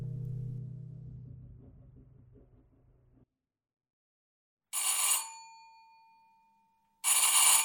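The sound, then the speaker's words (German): A low, steady telephone ringing tone hums for about three seconds and stops unanswered, then after a pause a doorbell rings twice with bright metallic strikes that ring on, and no one opens the door. “Meine Auftraggeberin ging nicht ans Telefon und niemand öffnete an ihrer Tür.”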